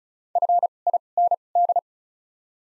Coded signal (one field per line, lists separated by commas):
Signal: Morse code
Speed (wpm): 36 wpm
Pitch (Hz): 700 Hz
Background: none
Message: FIND